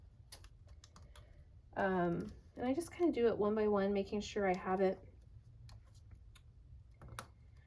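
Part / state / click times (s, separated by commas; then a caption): flex cable connectors into tablet logic board sockets / seated / 5.7 s, 6.4 s, 7.0 s, 7.2 s. While reassembling an iPad after a battery replacement, small flex-cable connectors are pressed one by one onto their sockets on the tablet's logic board as someone talks. Short, sharp snaps follow at 5.7, 6.4, 7.0 and 7.2 seconds, and the connectors seat.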